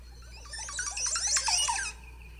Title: montezuma oropendola